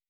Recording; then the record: hydrophone in a shrimp aquaculture tank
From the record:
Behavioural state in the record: weakened